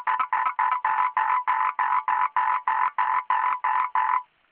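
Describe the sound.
Frog croaks: a steady series of loud, harsh pulses, roughly three per second, ending abruptly.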